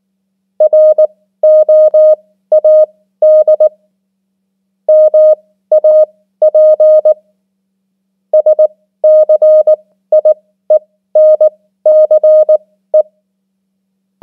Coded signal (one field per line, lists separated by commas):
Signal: Morse code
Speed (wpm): 19 wpm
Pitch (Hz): 620 Hz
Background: none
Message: ROAD MAP SCIENCE